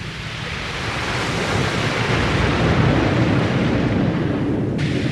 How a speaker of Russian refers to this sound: Шум разбушевавшегося моря и частые раскаты грома заглушали его слабый голос. Волны хлестали о борт с такой страшной силой, что небольшой корабль, как щепку, швыряло из стороны в сторону.